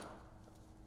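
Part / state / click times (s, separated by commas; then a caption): removable battery pack into the battery holder of an electric balance/motorcycle bike / not seated / none. A removable battery pack, its rails lined up with the battery holder of an Indian eFTR Hooligan electric balance/motorcycle bike, is being slid upward toward its mount. A soft, brief rustle of handling is loudest at the very start and fades into a low, steady rumble with no sharp hits. Nothing has seated or clicked yet.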